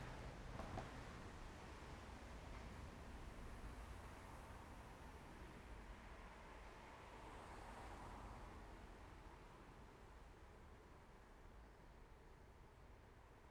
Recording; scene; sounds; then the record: everyday scene through a hearing-aid microphone; in traffic; traffic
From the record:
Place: main road on the outskirts, rush hour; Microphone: behind the ear, left, rear